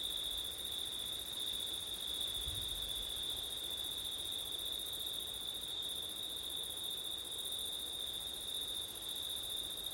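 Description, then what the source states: Crickets produce a constant high ringing trill with a pulsed shimmer above, and a short soft gust of wind early on. Crickets on a windy September night; ortif recording.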